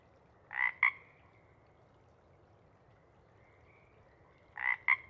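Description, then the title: Pacific chorus frog giving two double-noted ribbits about four seconds apart, with a faint softer frog note in between against quiet background. Sparse chorus before dawn at first light; most frogs have returned to burrows while a few keep calling to attract a mate. "Chorus Frogs, Sparse, pre-Dawn"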